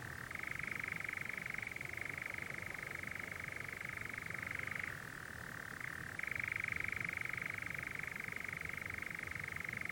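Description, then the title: European Nightjar giving a long, even, mechanical churr that drops to a lower, quieter pitch around the middle, then switches back to the higher, stronger tone. Nocturnal bird churring on a warm June summer evening, on a hill in the Brecon Beacons, amid honeysuckle and foxgloves. "Sound Escape 20: the mesmerising churring of a nightjar on a summer's night"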